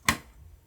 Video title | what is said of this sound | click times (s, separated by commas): Build the ULTIMATE RTX 5080 Mini PC! Step-by-Step Guide | Got it in there, you heard the click. | 0.1 s